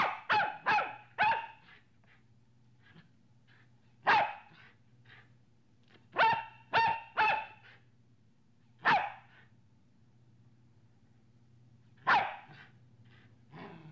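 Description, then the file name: Dog giving bursts of sharp barks, first a rapid run of four, then single barks and a trio spaced over several seconds, over a low steady hum. Medium-sized dog barking, three variants. "sobaka srednih razmerov laet 3 varianta"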